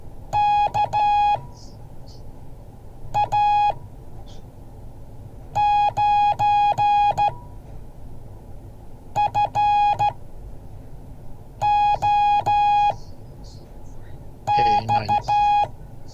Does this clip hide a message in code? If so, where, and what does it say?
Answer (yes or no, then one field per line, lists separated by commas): yes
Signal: Morse code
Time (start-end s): 0.3-15.6 s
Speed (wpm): 14 wpm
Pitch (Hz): 830 Hz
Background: none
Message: KA9FOX